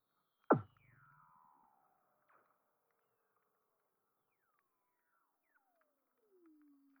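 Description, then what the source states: Weddell seal calls: a sharp downward sweep, then a long descending whistle, and near the end another slow gliding whistle falling to a low tone. Antarctica.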